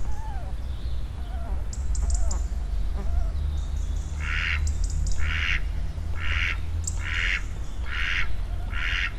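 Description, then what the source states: Duck giving a steady series of harsh, raspy quacks in the second half, with songbird whistles and chirps around them. Two ducks living in Parque do Mandanelho, Oliveira do Hospital.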